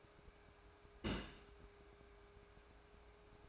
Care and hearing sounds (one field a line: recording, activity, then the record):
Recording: daily activity, microphone in the room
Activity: place on stove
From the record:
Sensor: 2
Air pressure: 1010.2 hPa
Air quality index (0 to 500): 160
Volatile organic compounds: 7 ppm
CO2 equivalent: 2014 ppm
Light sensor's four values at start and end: 41/99/44/50 and 41/98/44/50